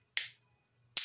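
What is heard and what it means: Pressing against a small blue tab breaks a plastic cardiac heart-monitor sensor away from its adhesive patch, with a sharp click at 0.2 s and a second similar sharp snap near 1.0 s. The sensor is released from the patch, and the click is confirmed as heard.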